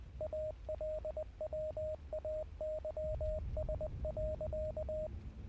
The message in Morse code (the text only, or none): ALWAYS.